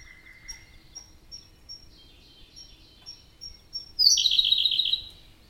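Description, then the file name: Siberian blue robin singing: faint high ticks and soft lisping notes build up before a sudden loud, fast trill that rattles for about a second and then stops. "robin-siberian-blue -Larvivora-cyane"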